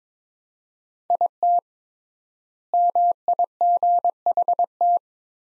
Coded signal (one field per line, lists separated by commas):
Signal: Morse code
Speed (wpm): 21 wpm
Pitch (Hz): 700 Hz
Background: none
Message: IT MIGHT